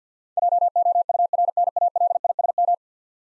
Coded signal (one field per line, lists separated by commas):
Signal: Morse code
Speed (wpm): 50 wpm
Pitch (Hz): 700 Hz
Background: none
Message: JOURNALISM